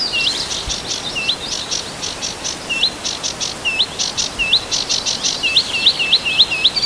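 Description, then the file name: Sedge warbler song, a hurried chattering of dry clicks mixed with repeated hooked, sliding whistled notes, delivered fast and irregularly, several notes per second. "Ruokokerttunen"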